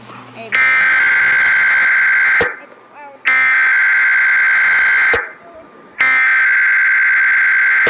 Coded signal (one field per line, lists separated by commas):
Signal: Emergency Alert System (SAME) tones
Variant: header bursts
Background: speech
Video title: Trever (Stikbot) Reaction of the Grieving EAS Scenario